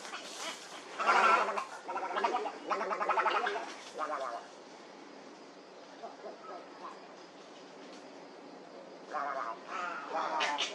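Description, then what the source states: Heron calls: harsh, gargling, guttural croaks in irregular bursts, with quieter rasping sounds between them. Recorded at a heronry.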